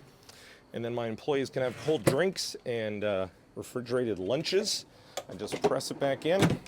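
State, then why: Seated. A heavy-duty metal locking drawer slide carrying a fridge/freezer unit in a trailer is pulled fully out after its two blue release buttons are pressed. Short sharp clicks at 0.2 s and 0.3 s mark it locking into place in the open position. Someone then talks for the rest of the clip.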